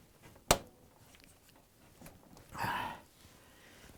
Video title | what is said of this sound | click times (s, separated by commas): Frigidaire Washer Tub Seal 134361900 Replacement — fits Electrolux | hear the clicking sound that means that cap locked | 0.5 s